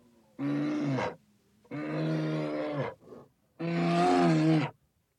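Gorilla uttering three low, rough roars over about five seconds, each a sustained groaning burst with rich harmonics, the final one strongest.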